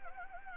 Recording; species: mosquito wingbeat signal from an infrared sensor; Anopheles gambiae